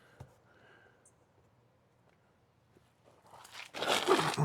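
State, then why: Not seated. A loose plastic bumper trim piece is pressed by hand back into position on a car bumper. Faint ticks come at about 0.2 s and 1.1 s, then after a quiet stretch a rough crunching, scraping rustle builds from around 3.2 s and grows loud after 3.7 s. The piece has not snapped into place; it only sits there, and nothing has clicked.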